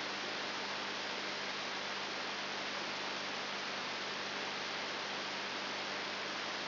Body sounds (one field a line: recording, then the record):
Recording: brain microelectrode recording played as sound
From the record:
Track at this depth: outside the subthalamic nucleus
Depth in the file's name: 6.9 mm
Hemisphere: left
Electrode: 3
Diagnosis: Parkinson's disease